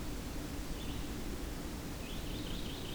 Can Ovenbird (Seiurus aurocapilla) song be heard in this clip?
no